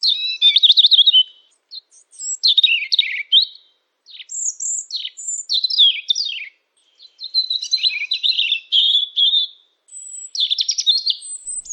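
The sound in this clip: Robin song, high warbling phrases of thin whistles and quick trills, delivered in bursts separated by short pauses, clean with no other sounds.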